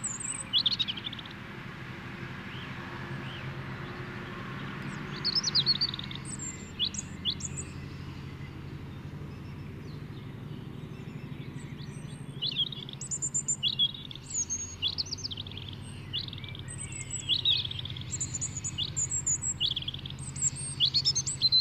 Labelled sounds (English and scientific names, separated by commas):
European Robin (Erithacus rubecula) song